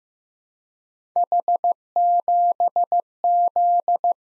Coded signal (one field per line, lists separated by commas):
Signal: Morse code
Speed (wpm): 15 wpm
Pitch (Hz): 700 Hz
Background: none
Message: H7Z